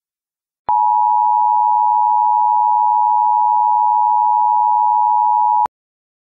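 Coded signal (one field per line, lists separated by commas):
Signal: Emergency Alert System (SAME) tones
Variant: 853 and 960 Hz attention tone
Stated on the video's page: Fictional EAS scenario, a simulated alert.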